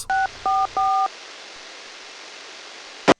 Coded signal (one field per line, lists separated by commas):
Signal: DTMF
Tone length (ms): 230 ms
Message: 644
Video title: Back to Basics 3 Part 2: Radios